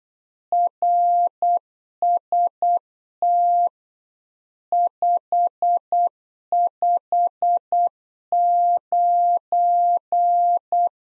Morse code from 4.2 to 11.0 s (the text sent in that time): 559